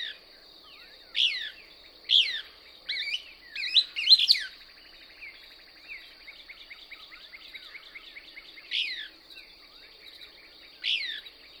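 Couch's Kingbird sounding short clusters of shrill, quickly bent chips, then quieter rapid ticking chatter and two more isolated chips, over a steady high whine.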